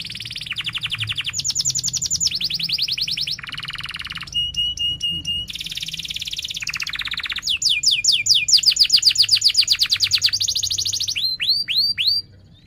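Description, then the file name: Canary singing a long varied sequence of rapid rolling trills, each tour a run of identical high notes, with a few clipped ticking phrases and sweeping whistles before it stops. Canary singing persistently (gacor) with 'cuit cuit' chirps and sharp rolling trills ('ngerol tajam'). "Suara Kenari Gacor Cuit Cuit Ngerol Tajam"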